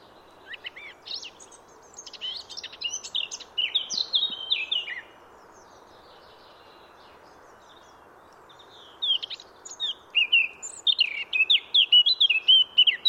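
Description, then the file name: Eurasian blackcap delivering two warbling phrases of rapid mixed notes separated by a silent gap of about four seconds, the later phrase ending in clearer whistles, over a low hum. "Sylvia atricapilla"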